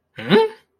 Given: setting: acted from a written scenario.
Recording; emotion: vocal sound without words; confusion